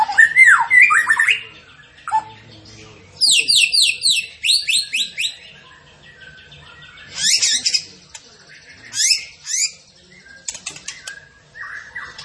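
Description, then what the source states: Tembakan bird singing bursts of rapid descending high notes and harsh squawky chatter, separated by brief quiet gaps. Masteran training recording of a bird singing gacor (in full, persistent song).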